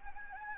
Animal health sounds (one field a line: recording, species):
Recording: mosquito wingbeat signal from an infrared sensor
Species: Anopheles gambiae